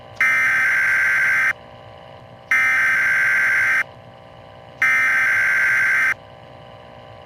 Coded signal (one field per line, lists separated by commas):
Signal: Emergency Alert System (SAME) tones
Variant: header bursts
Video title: "CAMP CLOVIS" - An EAS Scenario